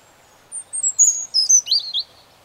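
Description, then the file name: European robin song: one rapid phrase of thin, very high trilled and twittering notes sliding downward over about a second and a half, with a faint steady background hiss. "Erithacus rubecula"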